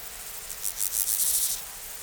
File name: Chorthippus dorsatus